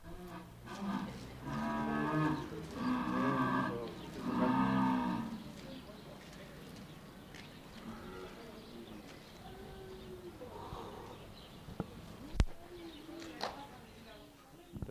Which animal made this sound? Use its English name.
Jaguar